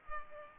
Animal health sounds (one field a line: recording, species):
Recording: mosquito wingbeat signal from an infrared sensor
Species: Culex pipiens